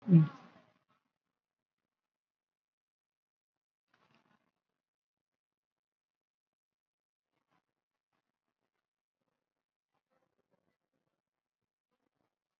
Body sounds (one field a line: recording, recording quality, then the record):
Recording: deep breathing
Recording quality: poor, much background noise or distortion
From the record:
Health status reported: COVID-19 positive, mild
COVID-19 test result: positive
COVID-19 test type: RT-PCR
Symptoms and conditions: hypertension, diabetes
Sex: female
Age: 57 years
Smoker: no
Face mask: not worn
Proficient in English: no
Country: India